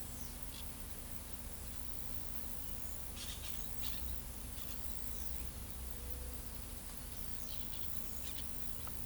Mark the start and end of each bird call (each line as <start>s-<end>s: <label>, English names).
0.53s-0.62s: Orange-chinned Parakeet
3.15s-4.02s: Orange-chinned Parakeet
7.46s-8.43s: Orange-chinned Parakeet